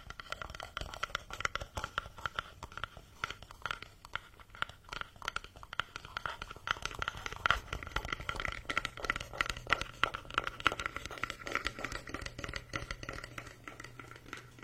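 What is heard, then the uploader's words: A wooden massage tool works in dense, rapid scraping and crinkling strokes, with a steady low hum entering in the last few seconds. The massage SPA with ASMR wood products provides ultimate numbness, comfort and relaxation.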